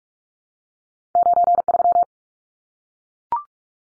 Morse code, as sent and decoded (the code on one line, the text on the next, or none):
----. ...--
93